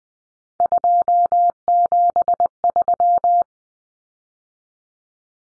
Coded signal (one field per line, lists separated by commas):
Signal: Morse code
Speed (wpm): 20 wpm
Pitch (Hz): 700 Hz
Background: none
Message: 273